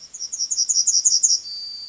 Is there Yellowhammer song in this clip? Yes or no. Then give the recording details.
yes. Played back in forest. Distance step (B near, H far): C. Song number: 025